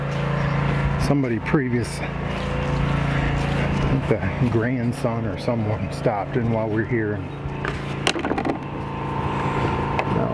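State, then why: Not seated. Someone talks while swinging shut a wooden fence gate that had been left open. Sharp knocks of the gate against its latch come at about 7.7, 8.1, 8.3 and 8.5 seconds, with another knock at 10.0 seconds. The latch does not catch, and the gate has not latched yet.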